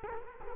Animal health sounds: mosquito wingbeat signal from an infrared sensor; Culex quinquefasciatus

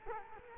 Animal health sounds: mosquito wingbeat signal from an infrared sensor; Culex quinquefasciatus

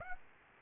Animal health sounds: mosquito wingbeat signal from an infrared sensor; Aedes aegypti

